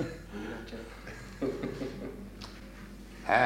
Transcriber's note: laughter